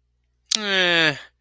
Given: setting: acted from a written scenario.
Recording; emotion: vocal sound without words; disappointment